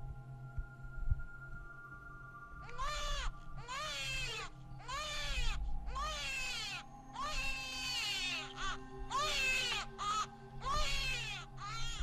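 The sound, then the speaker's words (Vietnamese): At night by a river at the edge of a village, a baby cries shrilly in repeated piercing wails, about eight sharp bursts in a row with rising and falling pitch, loud over a low steady hum. “Quả nhiên là tiếng trẻ con khóc như xé vải.”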